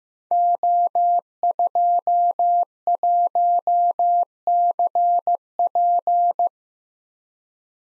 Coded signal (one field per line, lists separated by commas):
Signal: Morse code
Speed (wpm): 15 wpm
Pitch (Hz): 700 Hz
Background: none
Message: O21CP